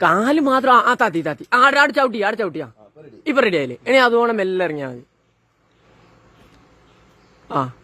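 Someone talks while a person is guided to raise their leg and lower a leg-support machine, followed by a quiet stretch and a brief sound near the end. The machine's lock is being handled, but nothing has locked or clicked yet.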